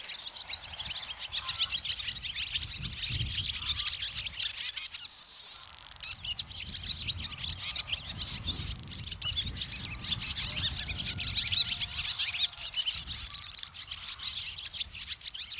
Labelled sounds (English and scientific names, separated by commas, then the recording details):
Barn Swallow (Hirundo rustica) song
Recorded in the wild
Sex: male
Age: adult
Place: Loddin, Insel Usedom, Mecklenburg-Vorpommern, DE
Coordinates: 54.0264, 14.0139
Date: 1983-09-20 10:59
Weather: overcast, 15°C
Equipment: Nagra SN, Sennheiser MKH 416 T, Kopie Uher 4000 Report Monitor
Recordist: Tembrock, Günter